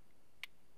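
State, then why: Seated. Two halves of a photovoltaic cable connector are pushed together until they latch. A single short, sharp click sounds at 0.4 s, bright and strongest around 2–4 kHz, over a quiet, steady background. The connector is seated.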